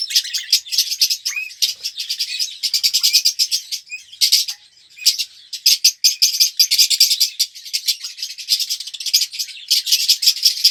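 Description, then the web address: Red-rumped parrot song, long runs of fast, sharp chirping and rattling trills, with a quieter break midway before resuming strongly. "pevcii popugai. parrots psephotus-haematonotus"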